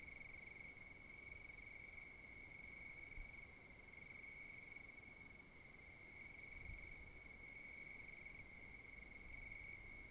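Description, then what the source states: High, unwavering cricket trill runs the full length, with a faint higher buzz cutting in and out in short regular runs, over low noise. Countryside at night.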